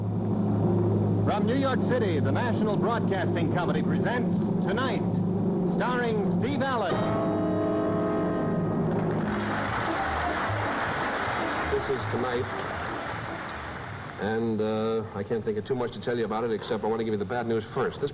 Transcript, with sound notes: From New York City, the National Broadcasting Co. presents "Tonight," starring Steve Allen.
(AUDIENCE APPLAUSE)
This is "Tonight," and I can't think of too much to tell you about it, except I want to give you the bad news first.